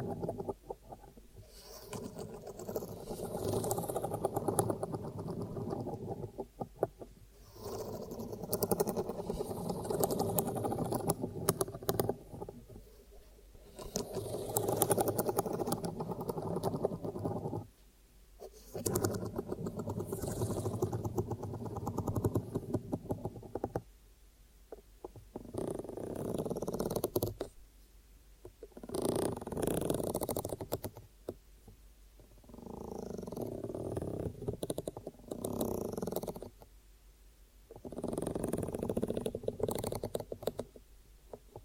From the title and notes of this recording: ASMR Hypnotic Ear Triggers for Instant Sleep (No Talking).